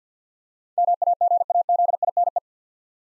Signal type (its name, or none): Morse code